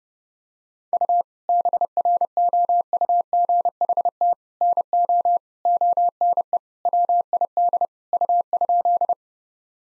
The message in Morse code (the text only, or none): U BROUGHT NO ONE WID U?